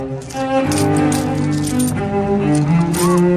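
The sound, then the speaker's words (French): A plucked oud plays a lively, continuous melody with bright, ringing notes and rich harmonics, steady and fairly loud throughout, with no voices present. “Qu'est-ce que c'est que ça? Du oud.”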